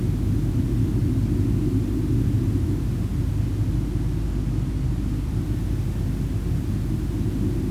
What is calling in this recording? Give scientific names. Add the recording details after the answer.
none. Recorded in France